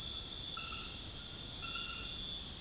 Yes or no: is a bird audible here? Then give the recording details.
no. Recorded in dense forest near Puerto Asís, Putumayo, Colombia, on 20 February 2024 at 04:00. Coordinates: 0.485, -76.325. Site G6429